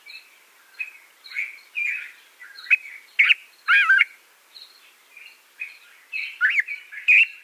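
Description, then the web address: Yellow-vented bulbul, softer warbling phrases with a few louder slurred notes, spaced irregularly over a quiet background. "Schulze Peter Yellow-vented Bulbul song"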